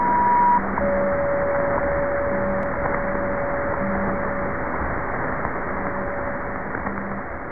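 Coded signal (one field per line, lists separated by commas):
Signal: radio time signal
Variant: WWV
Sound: a short high beep, then a steady mid tone with faint ticks each second over static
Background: radio static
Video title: WWV Time Signal (Fort Collins, Colorado, USA) - 25000 kHz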